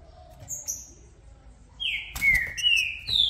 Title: Trinca Ferro VALENTE! VIRANDO VARIOS TIPOS DE CANTOS!! Melhor para ABRIR O CANTO!!